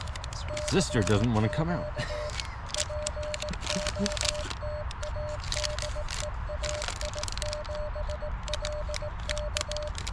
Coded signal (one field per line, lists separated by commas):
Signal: Morse code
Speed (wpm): 18 wpm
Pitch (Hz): 600 Hz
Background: speech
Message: CQ POTA DE AI7LK